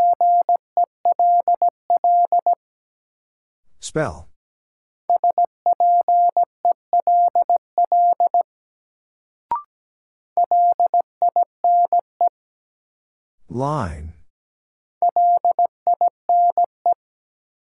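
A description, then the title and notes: A word is sent in Morse code as a steady mid-pitched beeping tone, keyed in four quick groups of short, even pulses. Between groups, two sweeping whoosh-like sounds come near four and fourteen seconds, and a single sharp click lands around nine and a half seconds. New Word Drill - 17wpm. First, the word is sent in Morse code. Then it is spoken.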